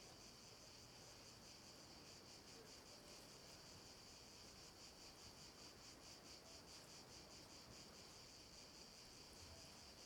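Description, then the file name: Cicadas calling together, a bright high buzz throbbing in pulses, unchanging throughout, with faint low background noise. At night. "Ambience Cicadas Night"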